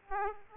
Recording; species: mosquito wingbeat signal from an infrared sensor; Aedes aegypti